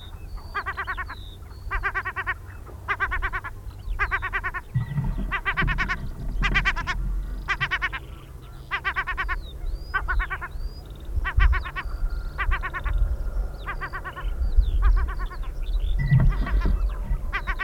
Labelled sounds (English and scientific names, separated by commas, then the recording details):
European Herring Gull (Larus argentatus) call
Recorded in the wild
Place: Gingst, Insel Rügen, Mecklenburg-Vorpommern, DE
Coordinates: 54.534, 13.303
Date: 1977-04-09
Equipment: Nagra III BH, Sennheiser MD 21, parabola
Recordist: Schubert, Michael